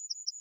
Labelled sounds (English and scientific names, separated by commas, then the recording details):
Yellowhammer (Emberiza citrinella) song
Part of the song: start
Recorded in the Czech Republic on 26 April 2013
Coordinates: 48.912, 16.995
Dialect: BE
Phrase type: B29
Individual 277299